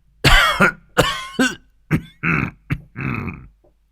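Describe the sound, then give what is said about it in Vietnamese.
An elderly man clutching his chest gives a series of about seven dry, hacking coughs in quick, uneven succession, some rough and throaty, with no talking, trailing off into silence. “Dứt lời, Hoàng lão gia ôm ngực ho khan mấy tiếng, rồi đứng dậy phất tay bỏ về buồng riêng”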